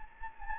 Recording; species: mosquito wingbeat signal from an infrared sensor; Anopheles gambiae